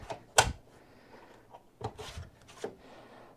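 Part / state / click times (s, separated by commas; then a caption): hard drive sled out of hot-swap drive bay / released / 0.4 s. A hard drive sled holding a 12 TB drive, the same sled that held a 14 TB drive that had trouble, is released from a hot-swap bay in a Silverstone CS382 eight-bay NAS case. A soft tap is followed by a sharp latch click at 0.4 s, then scraping and knocks as the sled is pulled out. The sled comes out just fine, unlike the earlier sled that stayed stuck.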